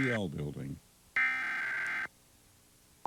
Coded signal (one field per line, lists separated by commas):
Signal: Emergency Alert System (SAME) tones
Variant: header bursts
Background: speech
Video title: WFMZ-WC Emergency Alert System - Tornado Warning (March 31, 2022)